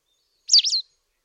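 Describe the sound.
White wagtail giving one bright, high-pitched disyllabic call, a quick wavering chirp with a slightly lower tail, alone in silence.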